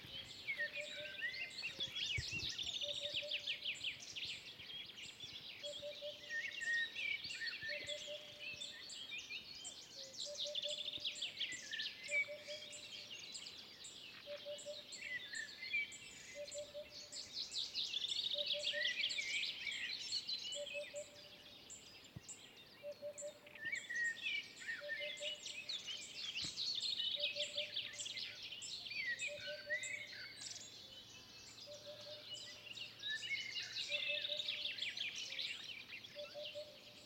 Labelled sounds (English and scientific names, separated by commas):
Eurasian Hoopoe (Upupa epops) song